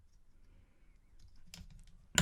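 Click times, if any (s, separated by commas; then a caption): 2.2 s. A plastic cone part is lined up with its peg and holes on a DeAgostini X-Wing model engine and pushed in. Quiet handling and a few small plastic clicks build from about 1.5 s. A sharp, loud click at 2.2 s marks the part snapping home, seated.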